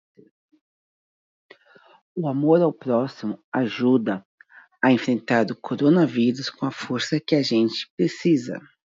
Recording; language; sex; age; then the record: spoken sentence; Brazilian Portuguese; female; 40 to 49 years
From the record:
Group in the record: control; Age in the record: 42 years